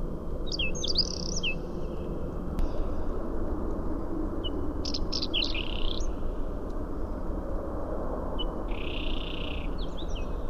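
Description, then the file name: Whinchat song in quick scratchy snatches: clicky notes, short whistles and a few buzzy rasps, separated by gaps, over a persistent low rumble. "Stiaccino"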